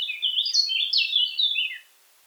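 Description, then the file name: Eurasian blackcap song: a brisk, bright warbled phrase of rich fluty notes, about two seconds long, ending with a short downward note and then quiet. "Sylvia atricapilla"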